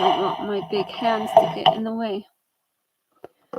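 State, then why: Seated. Someone talks for the first two seconds, then after a short silence a small part, likely the bobbin or bobbin case, is pressed into its holder on a thrifted Singer Imperial Princess 7005 sewing machine with a little effort. It snaps into place with two short, sharp clicks at 3.2 and 3.6 seconds, and the part is seated.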